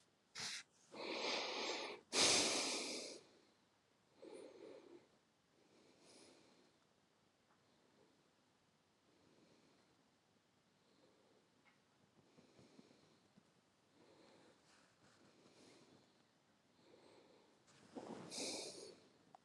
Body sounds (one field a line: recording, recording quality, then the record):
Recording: shallow breathing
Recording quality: excellent, no background noise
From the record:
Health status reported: healthy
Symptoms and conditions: none ticked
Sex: male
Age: 27 years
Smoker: not ticked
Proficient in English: yes